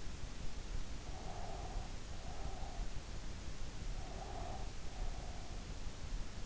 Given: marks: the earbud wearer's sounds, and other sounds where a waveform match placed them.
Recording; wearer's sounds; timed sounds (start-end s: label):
sounds in sleep by an in-ear microphone; breath
0.88-2.92 s: breath
3.90-5.85 s: breath